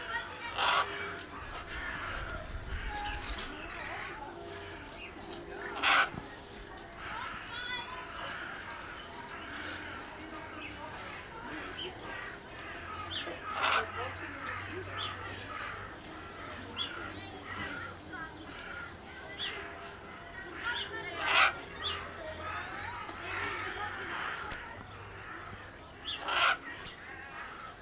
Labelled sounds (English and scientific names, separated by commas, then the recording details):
Red-and-green Macaw (Ara chloropterus) call
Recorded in captivity
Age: adult
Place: Zoo Berlin, Berlin, DE
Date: 1997-03-04 11:59
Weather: fair, 10 bis 12°C
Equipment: Nagra SN, Kopie Uher 4000 Report Monitor
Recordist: Tembrock, Günter